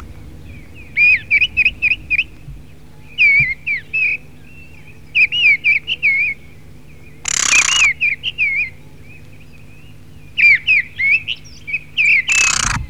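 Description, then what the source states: Mistle Thrush song: short fluty, warbling whistled phrases separated by short pauses, with two brief bursts of loud hissing noise. Filtered.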